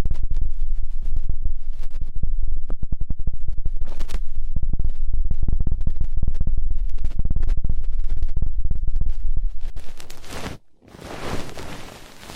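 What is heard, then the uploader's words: Ear cleaning ASMR: dense, rapid scratchy crackling with deep thumping rubs, then a brief pause near ten seconds and a softer hiss. ASMR Intense Electrifying Ear Cleaning.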